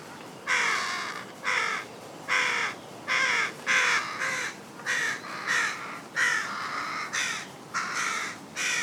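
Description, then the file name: Carrion crow producing a rapid series of grating caws, roughly a dozen calls close together. "Corvus corone"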